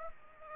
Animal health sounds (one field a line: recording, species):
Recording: mosquito wingbeat signal from an infrared sensor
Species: Aedes aegypti